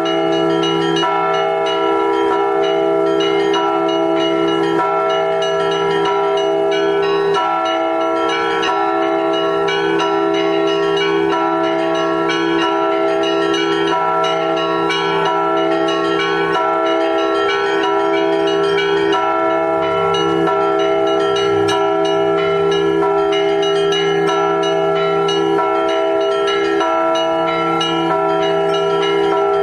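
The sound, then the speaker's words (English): Church bells of the Church of Ioan the Warrior in Moscow peal continuously, several bells of different pitches overlapping in a rich, ringing wash with sustained resonant hum and steady loudness throughout, no voices present. “The Church of Ioan the Warrior.”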